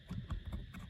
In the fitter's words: พอมันล็อคปุ๊บ2อัน